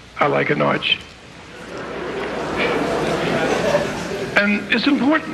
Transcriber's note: soundbite of laughter